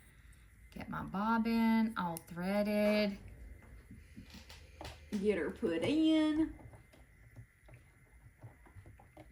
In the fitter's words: it didn't click